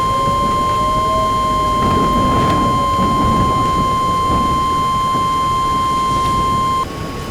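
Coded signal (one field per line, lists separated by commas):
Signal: Emergency Alert System (SAME) tones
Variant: 1050 Hz attention tone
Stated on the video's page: Fictional EAS scenario with valid SAME tones.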